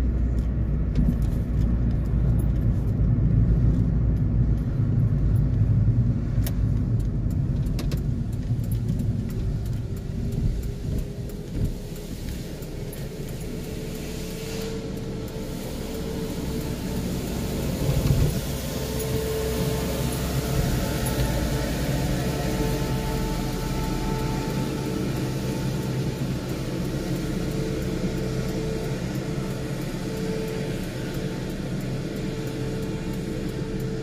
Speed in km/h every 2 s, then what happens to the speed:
37, 36, 27, 20, 9, 0, 0, 0, 0, 0, 0, 0, 0, 0, 0, 0, 0.
0-9 brakes to 0. 9-34 standing.